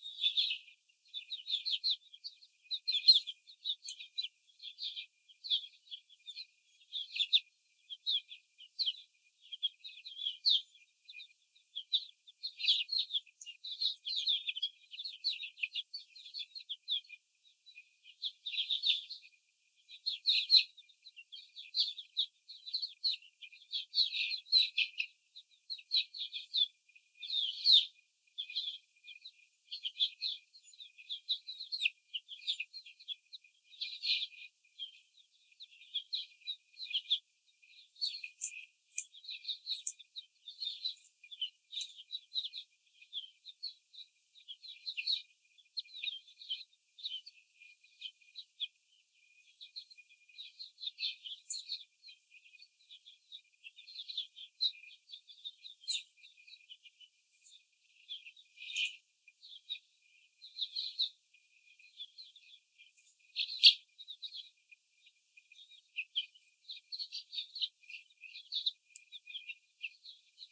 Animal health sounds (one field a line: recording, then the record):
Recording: young laying hens in a cage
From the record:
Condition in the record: after the stressor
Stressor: simulated dog barking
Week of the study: 4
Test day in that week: 3